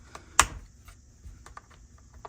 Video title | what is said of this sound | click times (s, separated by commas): Mazinger Z Jumbo Machinder (2024 Version) - CollectionDX | They have a nice click when you put them in, and each one holds to the | 0.4 s